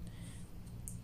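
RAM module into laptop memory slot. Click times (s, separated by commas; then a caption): 0.9 s. A DDR4 RAM stick is pressed down into the memory slot of a Lenovo IdeaPad S340 laptop during a 4GB to 8GB upgrade, until the side clips lock it. Over a steady low hum, a faint tick comes at 0.1 s, then a sharp, bright click at 0.9 s as the module seats and locks in place.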